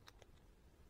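A small driver bit is handled at a screwdriver handle, making a few faint, light ticks near 0.1 and 0.2 seconds over a low background hum. Nothing has seated or clicked into place yet.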